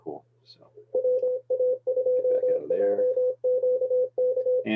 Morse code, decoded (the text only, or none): WA2JQK